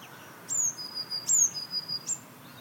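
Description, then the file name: Eurasian blue tit song, a series of high thin down-slurred notes, each trailed by short steady lower tones, repeated roughly every three quarters of a second. "Cyanistes caeruleus"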